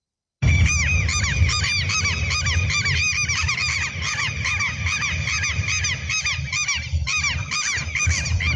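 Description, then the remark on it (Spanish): Southern lapwing alarm calls: loud, harsh, rapidly repeated shrieks from several birds overlapping in a continuous chorus, with no pauses and no talking. “Característico de los teros.”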